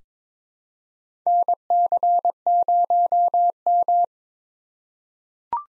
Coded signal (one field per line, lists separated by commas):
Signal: Morse code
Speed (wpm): 22 wpm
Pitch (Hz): 700 Hz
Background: none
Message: NC0M